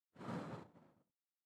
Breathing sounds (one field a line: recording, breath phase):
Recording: one breath near a microphone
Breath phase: exhalation